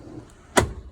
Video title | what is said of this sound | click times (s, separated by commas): GLE/GLS Onboarding | and then finally we reach over that seat up and you hear it quite clearly lock into place | 0.6 s